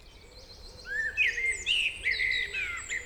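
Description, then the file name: Common blackbird giving a fluty phrase that rises then wavers. "Turdus merula"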